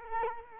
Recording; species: mosquito wingbeat signal from an infrared sensor; Culex quinquefasciatus